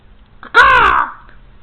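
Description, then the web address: Bird giving a single harsh, cawing call with stacked harmonics, lasting about half a second, with faint background noise. "dparsons Birdsong"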